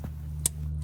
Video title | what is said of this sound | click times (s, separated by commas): Yukon Tahoe Suburban Tail lights replacement: How to install tail lights 2015-2020 GM SUV | So we just push it together and you'll hear a click when it goes into place. | 0.5 s